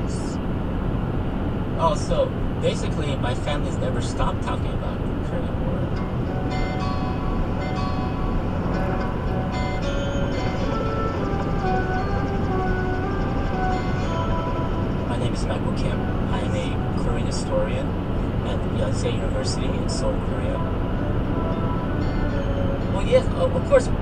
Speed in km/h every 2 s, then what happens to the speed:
118, 118, 118, 118, 119, 121, 122, 122, 122, 122, 122, 122.
0-24 steady at about 121.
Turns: none.